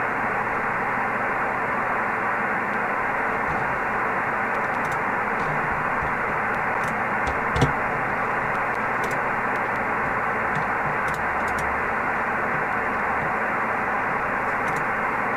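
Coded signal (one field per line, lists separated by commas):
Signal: HF data modem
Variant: PACTOR III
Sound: steady wide rushing hiss-like data signal with occasional crackles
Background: radio static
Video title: Winlink Pactor 3 connection using Airmail v3.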